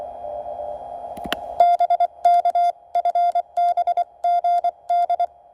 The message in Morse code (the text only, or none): BK FB GD